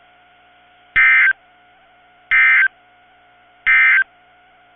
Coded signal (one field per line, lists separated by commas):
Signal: Emergency Alert System (SAME) tones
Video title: Severe Thunderstorm Warnings (EAS 2301-2303) 4/28/23